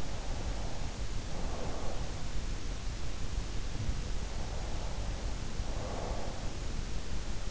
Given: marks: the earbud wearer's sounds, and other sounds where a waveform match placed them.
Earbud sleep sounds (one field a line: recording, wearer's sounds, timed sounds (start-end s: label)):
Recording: sounds in sleep by an in-ear microphone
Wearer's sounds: breath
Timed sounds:
0.00-2.33 s: breath
4.25-6.46 s: breath